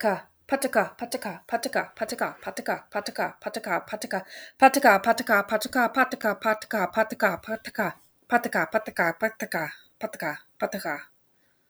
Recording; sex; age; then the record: repeated syllables /pa ta ka/; female; 30 to 39 years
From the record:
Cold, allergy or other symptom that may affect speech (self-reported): no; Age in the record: 36 years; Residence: Michigan, United States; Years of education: 14